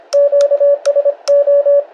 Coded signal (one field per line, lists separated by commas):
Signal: Morse code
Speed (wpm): 26 wpm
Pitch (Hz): 570 Hz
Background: none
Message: QSO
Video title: Basic QSO at 26wpm on 7 MHz | PA7JWC DE SQ5VCO